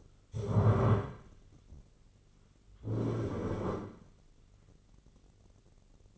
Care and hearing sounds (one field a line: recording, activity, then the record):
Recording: daily activity, microphone in the room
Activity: stand up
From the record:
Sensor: 4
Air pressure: 1010.1 hPa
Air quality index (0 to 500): 180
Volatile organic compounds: 2 ppm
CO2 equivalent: 1302 ppm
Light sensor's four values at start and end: 43/105/44/48 and 42/104/43/47